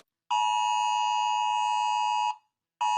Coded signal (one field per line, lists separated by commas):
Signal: Emergency Alert System (SAME) tones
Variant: 853 and 960 Hz attention tone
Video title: Rating Eas alarms